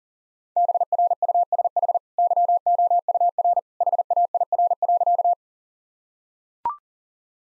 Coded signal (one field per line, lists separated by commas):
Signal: Morse code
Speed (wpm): 37 wpm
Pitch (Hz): 700 Hz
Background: none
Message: BRUSH YOUR HAIR.